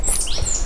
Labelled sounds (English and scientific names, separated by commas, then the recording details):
Stitchbird (Notiomystis cincta) song
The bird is a male
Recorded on Tiritiri Matangi Island, New Zealand, in 2005
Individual 9, of nest box 11